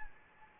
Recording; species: mosquito wingbeat signal from an infrared sensor; Anopheles gambiae